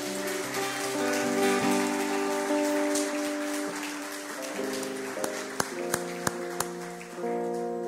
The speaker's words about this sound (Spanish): Le damos un aplauso, Señor.